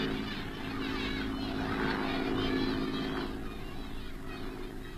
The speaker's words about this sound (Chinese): 大家愤怒地瞧着日本人的飞机飞远了